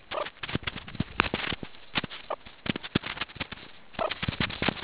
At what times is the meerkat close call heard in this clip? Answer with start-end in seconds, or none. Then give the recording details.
0.11-0.26, 3.97-4.09. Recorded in the Kuruman River Reserve, South Africa. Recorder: an audio tag on a meerkat's collar